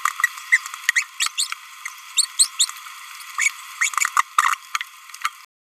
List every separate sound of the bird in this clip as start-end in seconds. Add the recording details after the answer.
0.53-0.57, 0.96-1.03, 1.21-1.28, 2.17-2.26, 2.40-2.52, 2.59-2.68, 3.38-3.50, 3.81-3.89, 4.17-4.21, 4.39-4.57, 5.22-5.29. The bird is a male. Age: 29 days. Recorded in a nest box in Venezuela. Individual 17B31A1